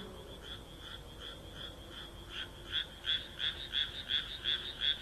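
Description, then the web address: Frog croaking, a faint start building into clear, evenly spaced croaks about three per second that grow louder toward the end. "kaeru kaeru"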